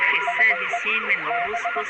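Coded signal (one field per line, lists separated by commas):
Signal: Morse code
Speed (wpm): 20 wpm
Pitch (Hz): 700 Hz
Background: speech, radio noise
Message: SE B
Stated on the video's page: Fictional EAS scenario.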